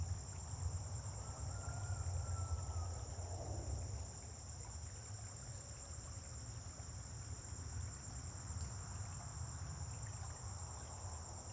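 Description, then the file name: Continuous shrill cricket trill with a rumbling vehicle passing early on, a brief whistle near the start, then quieter rumble. Dawn on a farm, crickets with vehicles passing on a distant road. "Amanhecer na fazenda com grilos veiculos passando em estrada longe"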